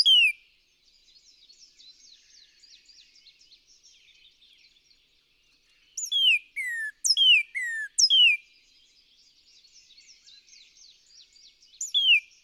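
Northern cardinal song: clusters of loud downslurred whistles broken by quiet stretches with faint background twittering.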